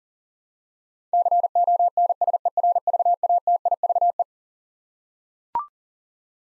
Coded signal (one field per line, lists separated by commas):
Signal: Morse code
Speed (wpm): 40 wpm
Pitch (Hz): 700 Hz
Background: none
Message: CONSERVATIVE